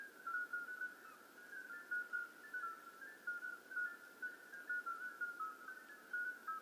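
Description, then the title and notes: Common midwife toads calling together, dense overlapping pure whistled notes at close but differing pitches forming a steady shimmering chorus. Hundreds of common midwife toads calling simultaneously at slightly different pitches in an old disused quarry, outskirts of Lerouville, just after midnight; calling begins at dusk and continues through the night. "Outskirts of Lerouville. Common Midwife Toads. Recorded by Colin Hunter. Music for Sleep project"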